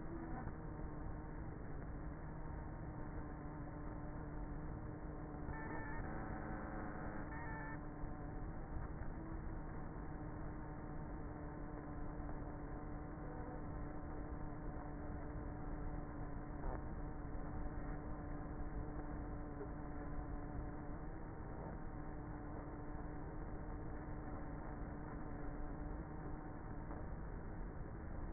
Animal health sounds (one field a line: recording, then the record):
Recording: honeybee colony, microphone inside the hive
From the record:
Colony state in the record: queenless with a low population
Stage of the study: before two queens were removed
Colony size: about 30,000 bees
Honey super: no